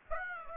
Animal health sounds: mosquito wingbeat signal from an infrared sensor; Aedes aegypti

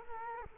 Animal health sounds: mosquito wingbeat signal from an infrared sensor; Culex quinquefasciatus

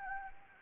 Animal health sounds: mosquito wingbeat signal from an infrared sensor; Anopheles gambiae

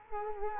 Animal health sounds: mosquito wingbeat signal from an infrared sensor; Culex quinquefasciatus

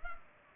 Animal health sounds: mosquito wingbeat signal from an infrared sensor; Culex pipiens

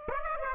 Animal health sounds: mosquito wingbeat signal from an infrared sensor; Aedes aegypti

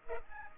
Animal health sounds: mosquito wingbeat signal from an infrared sensor; Culex pipiens

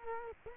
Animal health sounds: mosquito wingbeat signal from an infrared sensor; Culex quinquefasciatus

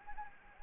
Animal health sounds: mosquito wingbeat signal from an infrared sensor; Anopheles gambiae

